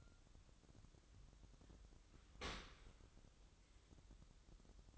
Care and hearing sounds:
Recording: daily activity, microphone in the room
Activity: open dishwasher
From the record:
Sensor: 3

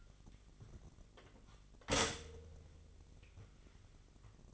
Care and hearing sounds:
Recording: daily activity, microphone in the room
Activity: stop toaster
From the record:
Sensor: 4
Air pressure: 1002.7 hPa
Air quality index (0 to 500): 234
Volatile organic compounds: 16 ppm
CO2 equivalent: 2540 ppm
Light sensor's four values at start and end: 21/74/27/27 and 21/72/27/27

